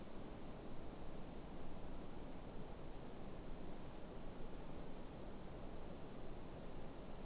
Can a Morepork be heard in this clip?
no